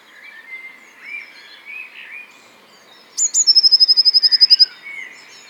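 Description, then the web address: Eurasian blue tit singing one phrase: sharp high introductory notes then a rapid ringing trill lasting over a second, after quieter warbling from other birds. "vogelstimmen blaumeise gesang nabu lars lachmann"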